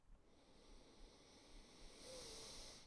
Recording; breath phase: one breath near a microphone; inhalation